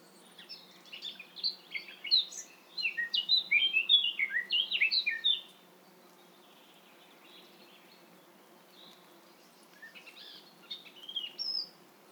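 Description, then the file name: Eurasian blackcap singing a rich, rapid warble of mixed high notes, a long bright phrase, then a pause and a shorter, quieter phrase. "Sylvia atricapilla"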